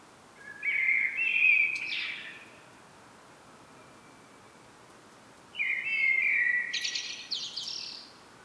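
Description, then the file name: Common blackbird with two rich, flute-like phrases that each finish in a high, scratchy twitter, separated by a pause of about three seconds. "Turdus merula"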